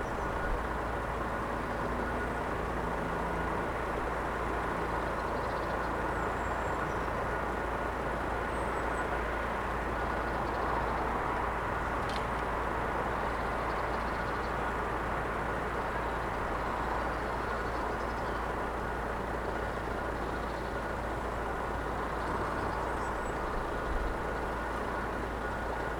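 A quiet city suburb early on Christmas morning, filled with a steady, even hum of traffic that never rises or falls. A few faint bird chirps come through high above it, and a single sharp tick sounds about halfway through.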